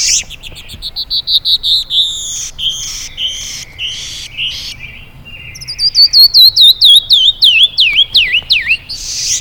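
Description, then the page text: Canyon wren song: sharp high chirps, then a cascade of clear whistled notes sliding steeply downward, each lower than the last, ending with a short buzzy burst. "Canyon Wren - Catherpes mexicanus - Birds of the World"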